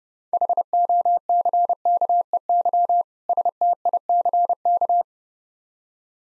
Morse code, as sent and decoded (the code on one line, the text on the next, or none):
.... --- -.-. -.- . -.-- / ... - .. -.-. -.-
HOCKEY STICK